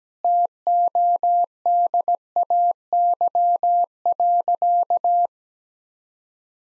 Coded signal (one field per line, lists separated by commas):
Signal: Morse code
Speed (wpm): 17 wpm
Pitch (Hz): 700 Hz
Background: none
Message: TODAY.